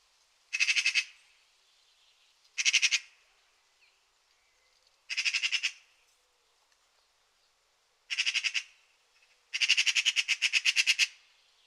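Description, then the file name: Eurasian magpie uttering short harsh rattles spaced about two to three seconds apart, ending with a longer rapid chattering series. "Pica pica"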